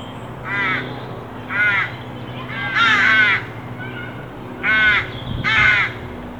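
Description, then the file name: Carrion crow calling with repeated rough, grating caws, some paired closely, over a steady low hum. "Corvus corone"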